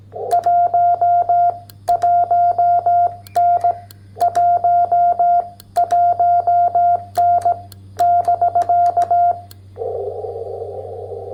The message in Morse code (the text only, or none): 11N 11N <BK>